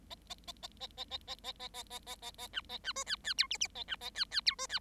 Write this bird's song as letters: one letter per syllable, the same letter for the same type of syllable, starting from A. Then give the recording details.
A A A A A A A A A A A A A A A B A B C D D E F F A B A D D E C D. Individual Bird7